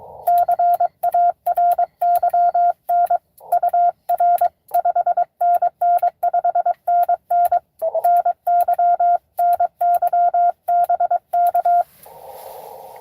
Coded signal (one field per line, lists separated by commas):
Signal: Morse code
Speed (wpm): 22 wpm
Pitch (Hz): 690 Hz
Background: none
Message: CARYN UR 5NN 5NN NY NY BK